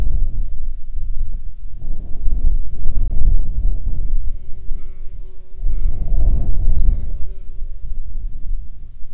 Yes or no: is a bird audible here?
no